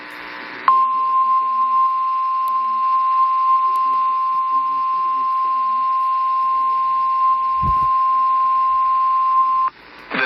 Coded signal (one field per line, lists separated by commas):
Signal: Emergency Alert System (SAME) tones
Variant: 1050 Hz attention tone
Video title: Eas Fwd svr on KEC55 Eas#1969